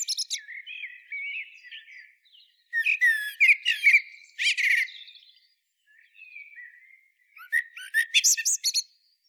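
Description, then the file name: Common blackbird song: soft, low warbled whistles, then bursts of high, squeaky twittering notes, with a quiet gap before a final twittering flourish. "Turdus merula"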